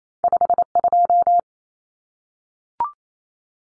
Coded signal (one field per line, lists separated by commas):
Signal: Morse code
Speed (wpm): 28 wpm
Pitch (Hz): 700 Hz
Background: none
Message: 52